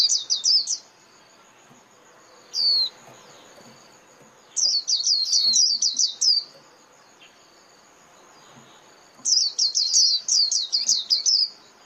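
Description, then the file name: White-eye calls: rapid clusters of high, thin falling chirps repeated every few seconds, with a lone slurred note between bursts. Lure call (mồi) of a white-eye, used for trapping. "Tieng khuyen moi"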